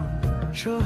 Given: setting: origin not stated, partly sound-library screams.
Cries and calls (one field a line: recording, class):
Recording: one-second piece from a danger detection set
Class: normal situation